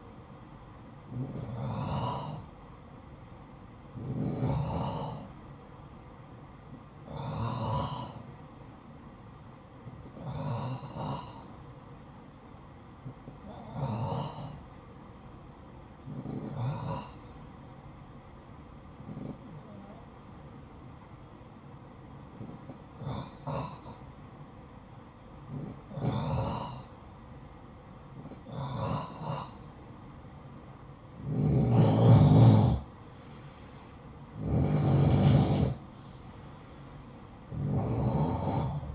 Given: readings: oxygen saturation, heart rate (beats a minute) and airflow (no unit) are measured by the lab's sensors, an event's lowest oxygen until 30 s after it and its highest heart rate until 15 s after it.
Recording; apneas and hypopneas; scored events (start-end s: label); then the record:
breathing in sleep by a smartphone at the bedside; none
none scored
From the record:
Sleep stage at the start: N2 (light sleep); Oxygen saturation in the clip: 90 to 92%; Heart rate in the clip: 54 to 64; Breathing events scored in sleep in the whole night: 573 in 9.8 hours asleep